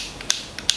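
The adjustable arm of a Baseus Otaku phone and tablet holder stand is moved and released, and its ratchet lock engages with a few sharp clicks. Fainter ticks at about 0.2 and 0.6 seconds lead into loud clicks at 0.3 and 0.7 seconds. The arm's ratchet lock clicks in and holds it in place.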